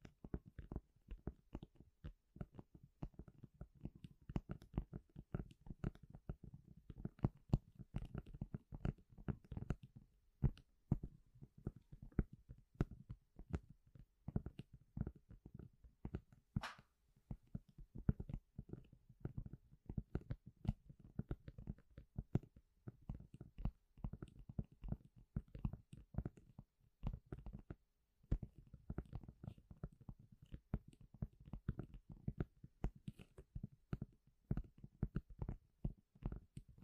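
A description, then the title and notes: Everyday household objects handled, producing a steady stream of quick taps, clicks and crinkly scratches with almost no pauses. The sounds sit mostly low and warm, with sharper bright ticks scattered throughout and one sharp snap around the middle. 13 different triggers with simple things but big sounds that I find around the house.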